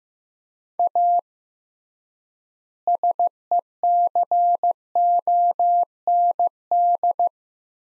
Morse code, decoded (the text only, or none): A SECOND